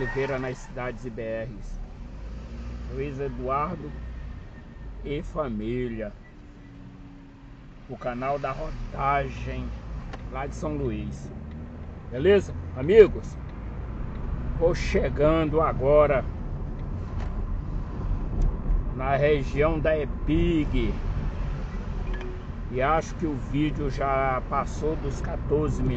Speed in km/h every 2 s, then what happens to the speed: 6, 13, 7, 0, 9, 19, 22, 29, 32, 34, 26, 33, 38.
0-3 speeds up to 13. 3-7 slows to 0. 7-18 pulls away to 34. 18-20 brakes to 26. 20-26 speeds up to 38.